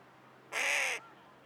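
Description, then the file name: Carrion crow uttering one short, grating, flat caw lasting about half a second against a quiet background. "Corvus corone"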